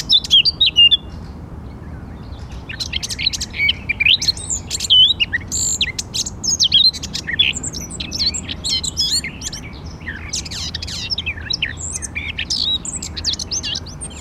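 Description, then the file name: Eurasian blackcap giving fast, varied warbling of scratchy twitters and clear whistles: a short phrase, a pause, then a long continuous run. "Sylvia atricapilla"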